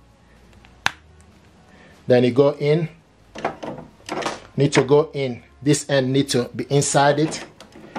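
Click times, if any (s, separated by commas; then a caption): none. A plastic ink cartridge is handled at its slot in the carriage of an HP Officejet Pro 8135e inkjet printer, with one sharp tap near 0.9 s and a few faint knocks while someone talks. Nothing has seated or clicked yet.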